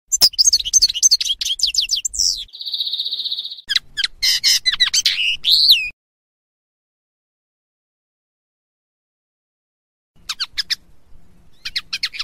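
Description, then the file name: Common linnet singing fast twittering phrases with a steady buzzy note, then a long silence before brief chattering notes resume. Song played to teach young birds, summer 2017. "CANTO DEL PARDILLO PARA EDUCAR NOVELES VERANO 2017 CARDUELIS CANNABINA"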